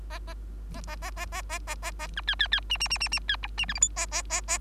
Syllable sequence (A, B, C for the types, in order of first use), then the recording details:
A A A A A A A A A B C C C D D D D D C E D F G H A A A A. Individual Bird3